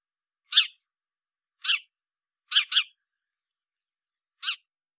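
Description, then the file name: House sparrow chirps, short harsh notes given singly or in a quick pair, five in about five seconds with pauses between, on a silent background. "Passer domesticus"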